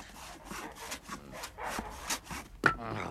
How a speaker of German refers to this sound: Beim 3. Pfosten hämmert sein Herz so stark, dass er das Sägen mehrmals unterbrechen muss. Die Säge hat den Pfosten halb durchgenagt, als der schwache Stall mitsamt den Gänsen schwankt. und zusammenkracht.